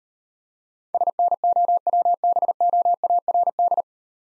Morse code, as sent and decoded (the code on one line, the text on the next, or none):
... -. --- .-- -... --- .- .-. -..
SNOWBOARD